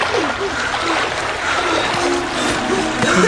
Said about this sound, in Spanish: Tratando de sacudirse de esa imagen, Lorenzo hizo que el bote se volteara y se tiró al agua junto con Teresa. Nadaron hasta la orilla.